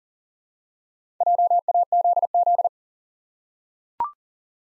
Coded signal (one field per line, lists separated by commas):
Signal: Morse code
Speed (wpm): 38 wpm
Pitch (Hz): 700 Hz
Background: none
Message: JAZZ